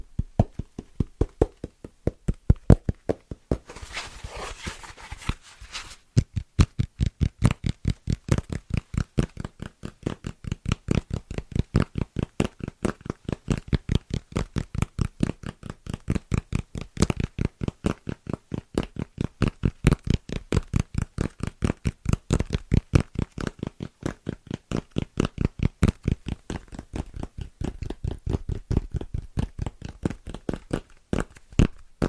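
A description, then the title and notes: Quick, even taps on fitness foam repeat steadily for the whole stretch, each a soft, dull thud with a low body. A brief hissy rustle rises around the fourth to sixth second, then the tapping continues fast and regular to the end. ASMR Super Tingly Fast & Rhythmic Tapping On Fitness Foams (No Talking).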